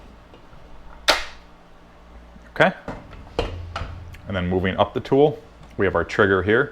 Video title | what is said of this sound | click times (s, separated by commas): Craftsman Circular Saw Tutorial and Blade Change Model CMCS505 | with the grooves in this housing and then you're just going to push down till you hear a click | 0.9 s